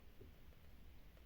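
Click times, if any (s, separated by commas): none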